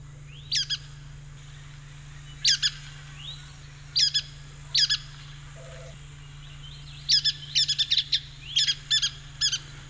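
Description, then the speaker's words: Brown-headed Nuthatch giving short squeaky notes, spaced every second or two, then quickening into a chattering run of squeaks near the end, over a low steady hum. Tiny bird smaller than a chickadee, staying high in the canopy of mature pines, often 60 feet up; noisy, voice like a squeaky bath toy; a piney woods specialty. "Its voice sounds something like a squeaky bath toy"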